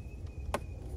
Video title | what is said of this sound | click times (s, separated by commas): 2015 Silverado CHECK TRAILER WIRING alarm FIXED ✅. GMC Sierra, 2500HD, duramax | Another clip out there. | 0.5 s